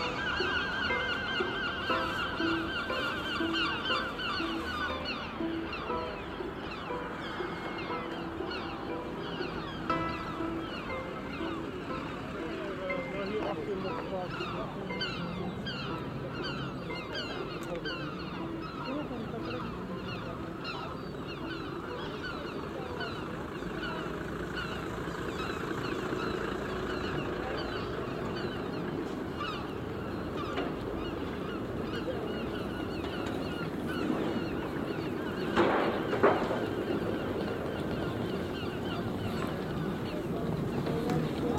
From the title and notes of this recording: En Plein Publiek #1 - Binnerotte. The four pieces are based on sound recordings of other squares in the city of Rotterdam, made during the summer of 2011.